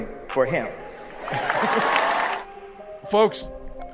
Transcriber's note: laughs; audience clapping